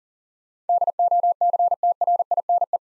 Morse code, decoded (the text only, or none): DOCTRINE